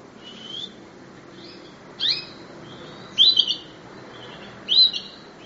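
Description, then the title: Canary chirps: short sharp high notes, three louder bursts spaced a second or more apart over a faint steady hiss. "kenari"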